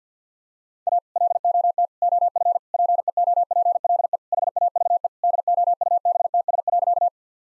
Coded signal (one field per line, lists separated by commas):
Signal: Morse code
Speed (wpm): 50 wpm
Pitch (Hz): 700 Hz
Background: none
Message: A LOT OF PEOPLE HAVE DOUBTS.